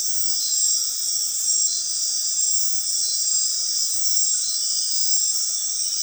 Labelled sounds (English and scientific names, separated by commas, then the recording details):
none
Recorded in dense forest near Puerto Asís, Putumayo, Colombia, on 19 February 2024 at 23:30
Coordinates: 0.502, -76.326
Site G6460